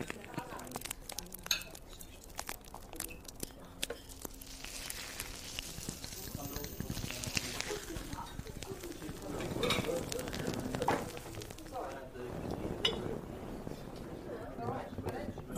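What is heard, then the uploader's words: Fantasy fairy café ambience: steady murmur of voices with scattered clinks of dishes, light crackles, and a soft airy shimmer drifting through the middle. Fantasy fairy cafe asmr ambience.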